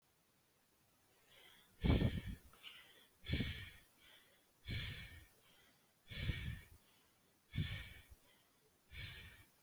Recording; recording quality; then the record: shallow breathing; excellent, no background noise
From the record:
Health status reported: exposed to COVID-19, no respiratory illness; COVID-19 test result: negative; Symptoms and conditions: cold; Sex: male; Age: 25 years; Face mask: not worn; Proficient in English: yes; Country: India